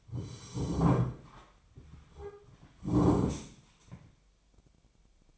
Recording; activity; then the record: daily activity, microphone in the room; sit down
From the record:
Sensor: 1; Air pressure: 1008.1 hPa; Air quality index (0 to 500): 191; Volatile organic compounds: 17 ppm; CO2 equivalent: 2582 ppm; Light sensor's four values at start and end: 13/33/13/15 and 13/34/13/15